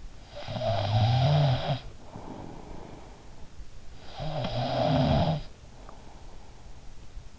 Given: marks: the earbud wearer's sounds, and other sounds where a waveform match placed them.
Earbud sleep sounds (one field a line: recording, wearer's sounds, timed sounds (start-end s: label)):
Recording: sounds in sleep by an in-ear microphone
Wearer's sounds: snoring breath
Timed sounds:
0.00-3.17 s: snoring breath
3.94-6.80 s: snoring breath